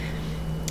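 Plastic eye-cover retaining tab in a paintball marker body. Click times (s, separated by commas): 0.7 s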